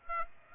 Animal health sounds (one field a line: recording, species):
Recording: mosquito wingbeat signal from an infrared sensor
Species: Aedes aegypti